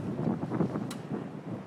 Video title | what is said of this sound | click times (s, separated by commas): CrossbowReview: 2020 TenPoint Vapor RS470 | you saw it click you saw the trigger retention lever | 0.9 s